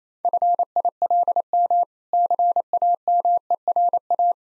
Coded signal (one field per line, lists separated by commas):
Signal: Morse code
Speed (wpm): 27 wpm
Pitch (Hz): 700 Hz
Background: none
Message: FILM CAMERA